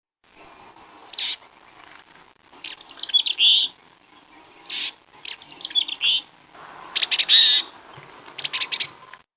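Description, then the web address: Northern mockingbird song: a string of high, varied phrases separated by short pauses, including descending note series, quick chirps and buzzy rattles. "naturesongs moch"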